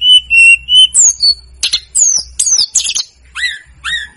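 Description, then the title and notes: Snowy-browed flycatcher song: three steady high whistles, then a run of sharp descending chirps and slurred notes, with a faint low hum underneath. Masteran recording made for training cage birds; local names Tledekan Gunung and Sikatan Gunung. "Masteran Tledekan Gunung Sikatan Gunung 1. BURUNG TLEDEKAN"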